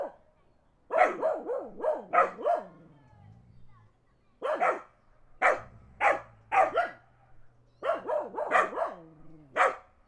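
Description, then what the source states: Dog giving a rapid run of barks, then spaced single and double barks and another quick run, over a low engine rumble. Dogs barking in the countryside while a car passes.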